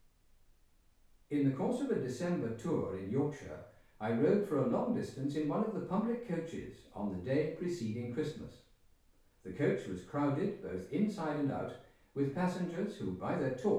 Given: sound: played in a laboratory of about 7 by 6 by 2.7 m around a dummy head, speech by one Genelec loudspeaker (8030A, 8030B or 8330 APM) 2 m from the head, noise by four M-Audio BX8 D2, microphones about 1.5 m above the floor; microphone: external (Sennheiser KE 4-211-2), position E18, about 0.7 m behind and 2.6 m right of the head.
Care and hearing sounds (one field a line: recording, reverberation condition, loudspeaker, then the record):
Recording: male speech in English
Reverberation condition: medium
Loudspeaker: behind (180 degrees)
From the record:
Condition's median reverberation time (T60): about 510 ms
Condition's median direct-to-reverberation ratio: about -0.5 dB